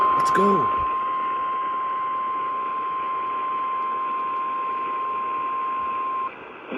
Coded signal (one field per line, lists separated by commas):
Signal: Emergency Alert System (SAME) tones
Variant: 1050 Hz attention tone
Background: speech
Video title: 03/25/2021 | Severe Thunderstorm Warning [EAS #329]